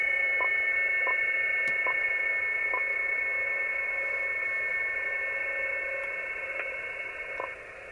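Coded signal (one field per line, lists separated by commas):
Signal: PSK31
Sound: several steady warbling tones in hiss, with a short blip roughly every 0.7 seconds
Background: radio static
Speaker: merke ich dass die Stationen etwas leiser [Applaus] werden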